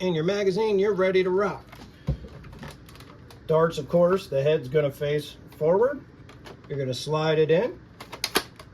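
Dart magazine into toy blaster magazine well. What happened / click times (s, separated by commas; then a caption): The magazine is being handled and slid in but has not clearly seated / none. Someone talks while handling a loaded plastic dart magazine, darts facing head-forward, beside a Nerf Elite Modulus 2-in-1 Demolisher toy foam-dart blaster with its batteries in. Soft knocks come at about 2.6 to 3.3 seconds and a quick run of sharper taps at 8.0 to 8.4 seconds. The magazine is about to slide into the blaster's magazine well, but nothing has seated or clicked yet.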